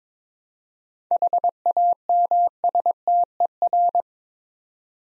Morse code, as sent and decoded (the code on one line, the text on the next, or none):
.... .- -- ... - . .-.
HAMSTER